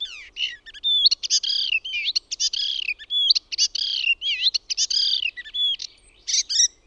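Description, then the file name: Icterine warbler song, a fast varied stream of whistles, harsh notes and nasal phrases, high-pitched and continuous with brief pauses. "KULTARINTA"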